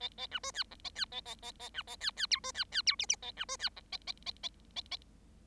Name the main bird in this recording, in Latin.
Lonchura striata domestica